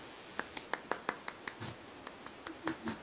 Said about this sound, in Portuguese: A senhora está ouvindo aí? Estou aplaudindo. Ah, ouvi sim.